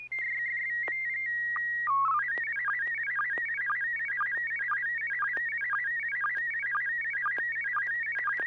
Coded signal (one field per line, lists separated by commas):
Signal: SSTV (slow-scan television)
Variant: PD 120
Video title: N6NA SSTV Net - 08/09/2023